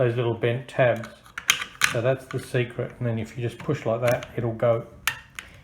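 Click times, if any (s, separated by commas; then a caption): 5.1 s. Someone talks while a detachable steel magazine is pushed up into the magazine well of a Savage Model 65M hammer-fired bolt-action .22 rifle, its flat side sliding past the stud so it does not catch on the bent tabs. A sharp click at 5.1 s marks the magazine seating in place, followed by a fainter tick shortly after.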